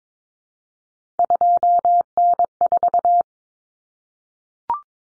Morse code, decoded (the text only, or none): 2N4